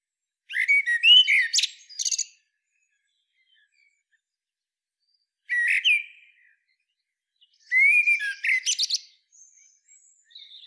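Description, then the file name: Eurasian blackbird song: three separate phrases, each a low fluted warble rising into a high squeaky twitter, with silent gaps between. "Turdus merula"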